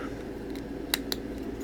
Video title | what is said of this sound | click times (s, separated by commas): TRANSFORMERS: LEGACY UNITED - VERSUS 4 PACK (CLIFFJUMPER, TARANTULAS, SQUEEZEPLAY & TARN) | and just snaps right in like that give him his little pistol | 0.9 s